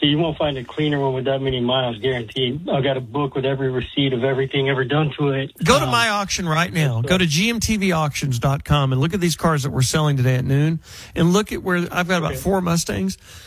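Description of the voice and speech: Clear, fluent adult male radio speech at a brisk, even pace, pitching a car auction; ordinary voice and articulation.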